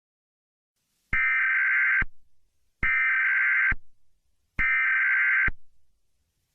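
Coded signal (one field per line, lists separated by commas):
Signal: Emergency Alert System (SAME) tones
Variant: header bursts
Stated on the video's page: Fictional EAS scenario about a wildfire, a simulated alert.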